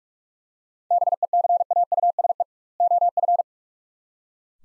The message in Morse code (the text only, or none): BECAUSE OF